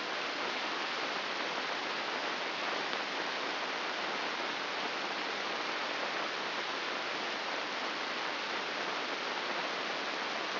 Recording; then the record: brain microelectrode recording played as sound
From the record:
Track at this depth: inside the subthalamic nucleus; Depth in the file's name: 5.601 mm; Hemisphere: right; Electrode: 2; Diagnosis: Parkinson's disease